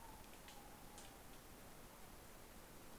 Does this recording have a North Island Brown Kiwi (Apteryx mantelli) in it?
no